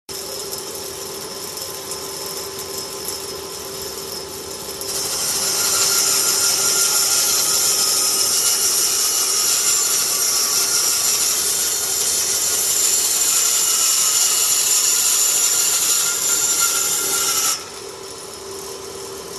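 A table saw rip-cuts wood along its fence: a steady whine hums until about five seconds, a louder, brighter cutting rasp holds until seventeen, then idling returns.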